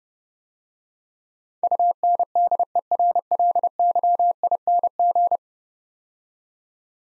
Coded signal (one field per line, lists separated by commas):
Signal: Morse code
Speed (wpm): 29 wpm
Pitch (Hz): 700 Hz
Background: none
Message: UNDERLYING